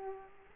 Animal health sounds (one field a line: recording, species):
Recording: mosquito wingbeat signal from an infrared sensor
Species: Culex quinquefasciatus